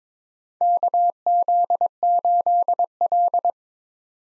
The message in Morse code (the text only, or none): KZ8L